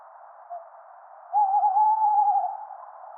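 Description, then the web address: Tawny owl call: a brief faint note, then a sustained wavering hoot of just over a second at steady mid pitch, heard against constant soft hiss. "strix aluco call"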